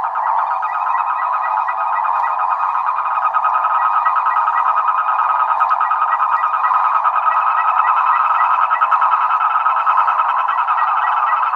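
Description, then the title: Frogs and toads in a thick continuous chorus, with a broad droning band and short bursts of higher pulsed notes repeating through the recording. Chorus of frogs and toads after spring rain, near San Javier, Córdoba region, Argentina. "Orgie de batraciens, Cordoba (AR)"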